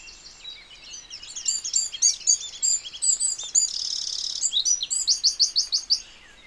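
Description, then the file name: Eurasian wren song: a loud, rapid burst of high, sharp notes with a buzzing trill in the middle, ending in a quick run of repeated chips. "Troglodytes troglodytes"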